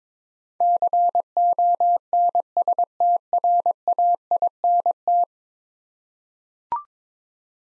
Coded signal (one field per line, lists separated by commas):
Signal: Morse code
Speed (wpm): 22 wpm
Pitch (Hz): 700 Hz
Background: none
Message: CONSTRAINT